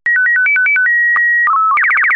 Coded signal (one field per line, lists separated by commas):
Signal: SSTV (slow-scan television)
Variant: Robot BW 8